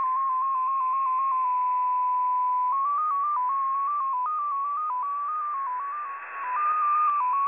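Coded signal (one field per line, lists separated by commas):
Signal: multi-tone FSK (Olivia or MFSK type)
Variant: XPA2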